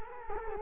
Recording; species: mosquito wingbeat signal from an infrared sensor; Culex quinquefasciatus